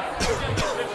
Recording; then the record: coughing mixed with background sound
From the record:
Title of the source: Coughing 51